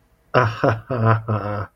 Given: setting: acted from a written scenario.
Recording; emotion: vocal sound without words; embarrassment